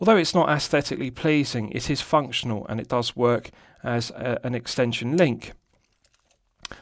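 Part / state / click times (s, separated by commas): deployant clasp blade latching into the clasp body of a metal watch bracelet / seated / 6.6 s, 6.7 s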